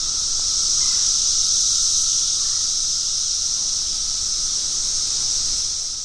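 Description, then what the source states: Periodical cicadas in a dense, unbroken shrill hissing chorus with a steady high whine, holding level throughout. Brood X periodical cicadas, a chorus of many emerging after 17 years underground, recorded in spring in Washington, D.C., eastern United States.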